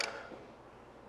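A semi-automatic Benelli Super Black Eagle 3 shotgun's bolt is gently let slide forward and locks into battery in the receiver with a short, sharp metallic click at 0.0 s. The click then decays into a quiet tail. Even the gentle release seats the bolt fully into battery, fixing the old "Benelli click" problem.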